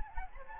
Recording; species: mosquito wingbeat signal from an infrared sensor; Anopheles gambiae